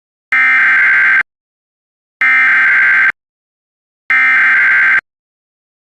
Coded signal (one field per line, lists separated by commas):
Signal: Emergency Alert System (SAME) tones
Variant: header bursts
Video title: EAS #732 Immediate Evacuation